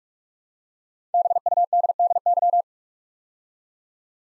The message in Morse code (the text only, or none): BUDDY